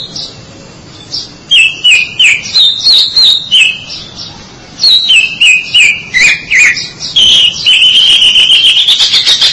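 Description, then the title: Oriental magpie-robin singing two rhythmic runs of sharp, slurred whistled notes, then a long buzzy rising trill to the end. "Suara Kicauan Burung Kacer"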